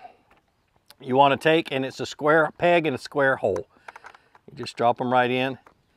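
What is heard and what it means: A kayak cart wheel is handled near the square axle peg of a YakAttack TowNStow kayak cart while someone talks, with a few faint small sounds. The wheel has not snapped onto the axle yet, and nothing has seated or clicked.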